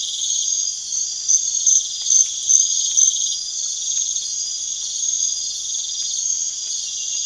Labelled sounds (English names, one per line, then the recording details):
none
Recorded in pastures near Puerto Asís, Putumayo, Colombia, on 27 June 2025 at 01:30
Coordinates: 0.502, -76.324
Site G010